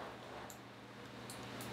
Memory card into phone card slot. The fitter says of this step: little bit can you hear it it will click in and it will stay in place it won't fall out now